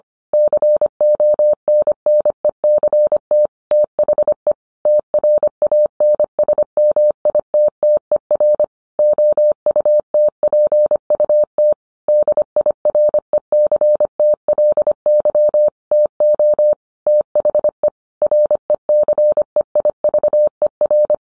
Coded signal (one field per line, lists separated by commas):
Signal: Morse code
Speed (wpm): 25 wpm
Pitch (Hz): 600 Hz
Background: none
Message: CONNECT THE TRANSMITTER OUTPUT DIRECTLY TO THE RECEIVER